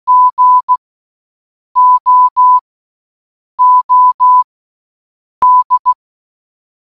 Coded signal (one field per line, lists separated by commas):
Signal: Morse code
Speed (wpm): 16 wpm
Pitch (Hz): 1000 Hz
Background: none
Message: GOOD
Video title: ⬛⬛How Does "GOOD NIGHT" Sound In Morse Code (Audio)⬛⬛